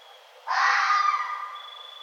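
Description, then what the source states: Red fox uttering one abrupt, raspy scream that holds for about three-quarters of a second then trails off, with a faint continuous high-pitched tone behind it. 1 November 2011.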